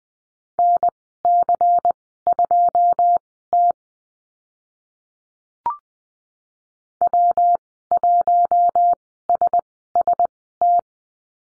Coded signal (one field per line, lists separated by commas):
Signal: Morse code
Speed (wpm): 20 wpm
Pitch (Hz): 700 Hz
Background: none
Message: NC2T W1SST